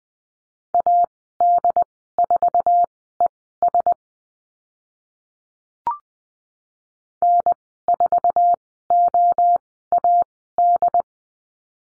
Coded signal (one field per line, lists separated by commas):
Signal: Morse code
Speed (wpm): 20 wpm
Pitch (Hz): 700 Hz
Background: none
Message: AD4ES N4OAD